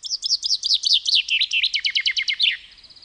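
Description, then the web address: Common chaffinch song: a rapid, bright series of repeated notes in a few phrases, ending in a short terminal flourish. "Madarak Erdei pinty"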